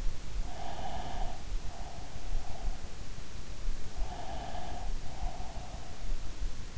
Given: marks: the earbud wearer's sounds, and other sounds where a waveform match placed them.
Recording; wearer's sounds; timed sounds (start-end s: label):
sounds in sleep by an in-ear microphone; breath
0.39-2.78 s: breath
3.81-6.20 s: breath